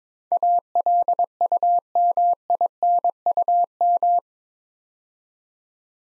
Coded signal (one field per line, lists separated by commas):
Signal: Morse code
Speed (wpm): 22 wpm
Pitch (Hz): 700 Hz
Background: none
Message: ALUMINUM